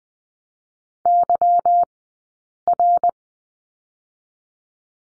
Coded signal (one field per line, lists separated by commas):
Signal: Morse code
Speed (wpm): 20 wpm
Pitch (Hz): 700 Hz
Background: none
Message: YR